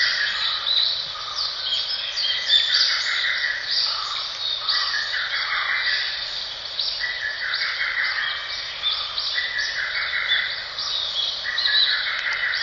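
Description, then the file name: Lesser cuckoo repeating brisk pulsed phrases over a dense, high background chorus running throughout. "ホトトギス 遠藤"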